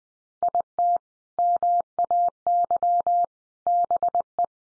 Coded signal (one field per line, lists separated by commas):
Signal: Morse code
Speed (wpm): 20 wpm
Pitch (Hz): 700 Hz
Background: none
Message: IT MAY BE